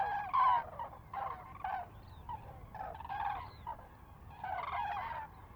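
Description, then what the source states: Common crane calls, a strong bugling note followed by several rolling, trumpeting bursts from more than one bird, spaced irregularly over a faint low rumble. Common cranes in a close fly-by at Lac du Der, France, recorded 10 January 2021.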